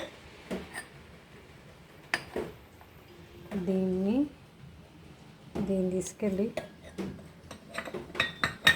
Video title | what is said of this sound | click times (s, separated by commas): easy juicer demonstration on public demand | ఇక్కడ ఇలా lock అయిపోతుంది. | 8.7 s